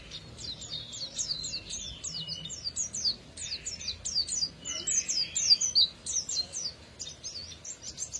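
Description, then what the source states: Canary song: quiet, rapid series of high, sharp chirps, several a second, with brief pauses between phrases. F1 canary; therapy recording played to a canary that has stopped singing, to get it singing again.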